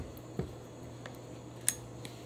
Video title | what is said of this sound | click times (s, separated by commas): Pentax K1000 Video 2: Change Battery, Load Film, Lenses, Flash, Take a Photo, & Double Exposures | until the lens Clicks in place and now you know that it's seated | 1.7 s